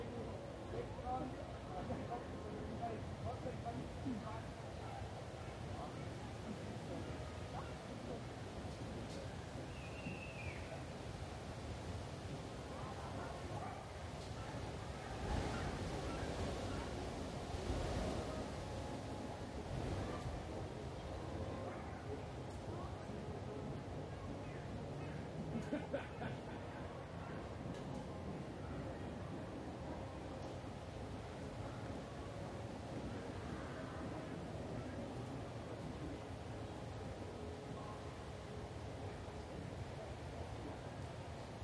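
Munich's Englischer Garten carries a steady, dense wash of sound, with murmuring voices layered over a constant low rumble like rushing water or traffic. A louder surge swells around fifteen to twenty seconds, and a few brief sharp clicks and bird-like chirps break through now and then.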